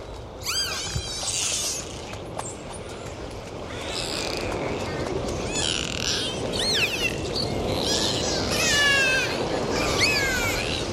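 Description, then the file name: Dolphin calling, swooping whistles mixed with harsh buzzing pulse bursts, repeated throughout, over steady underwater noise. "Zvuki Prirody - Vesyolye Delfiny"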